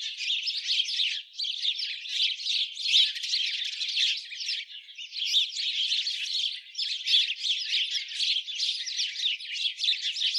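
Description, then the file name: House sparrows keep up a busy, scratchy chatter of many chirps running together, with brief dips in loudness. "Passer domesticus"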